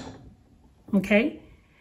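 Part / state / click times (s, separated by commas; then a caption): knee lifter into sewing machine socket / not seated / none. A knee lifter bar, lined up by its notches, is being handled at the opening on the front of a coverstitch machine, with faint low handling noise through the clip. Someone talks briefly around the middle. Nothing has seated or clicked into place yet.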